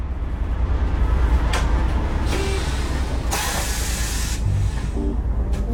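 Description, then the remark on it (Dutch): A bus engine rumbles steadily while bursts of pneumatic hissing sound as the doors open for passengers getting off in Vlaardingen, with a few short electronic beeps near the end. “We stappen de bus uit in Vlaardingen.”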